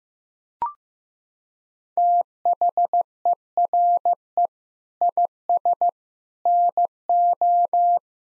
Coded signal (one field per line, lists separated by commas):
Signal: Morse code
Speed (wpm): 15 wpm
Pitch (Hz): 700 Hz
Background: none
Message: THERE IS NO